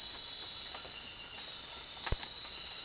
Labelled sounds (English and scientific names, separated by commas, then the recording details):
none
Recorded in secondary vegetation near Puerto Asís, Putumayo, Colombia, on 19 March 2025 at 01:00
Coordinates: 0.499, -76.323
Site G094